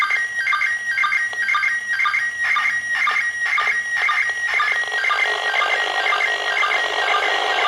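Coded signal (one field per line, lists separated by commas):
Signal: SSTV (slow-scan television)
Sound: warbling tones jumping around with short regular low chirps, buried in loud hiss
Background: radio static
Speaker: when I was about to switch to the other an now there was a e [Applause] [Applause] even with this very limited setup a part of the image could be seen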